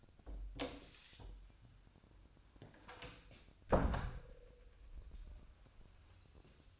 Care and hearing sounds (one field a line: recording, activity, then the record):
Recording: daily activity, microphone in the room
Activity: close door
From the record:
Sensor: 2